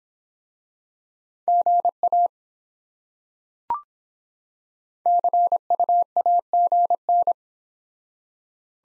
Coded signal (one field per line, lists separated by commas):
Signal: Morse code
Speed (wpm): 24 wpm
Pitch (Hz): 700 Hz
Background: none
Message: GA CU AGN